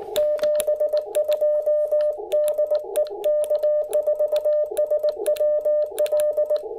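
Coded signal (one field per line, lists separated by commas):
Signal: Morse code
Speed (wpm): 19 wpm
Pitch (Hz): 590 Hz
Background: none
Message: 72 DE K4SWL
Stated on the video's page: CW sent with an IC-705 and MC-750 vertical during a cabin park activation; key clicks picked up by camera mic.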